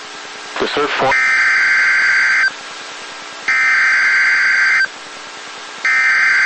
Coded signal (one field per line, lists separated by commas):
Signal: Emergency Alert System (SAME) tones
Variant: header bursts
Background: speech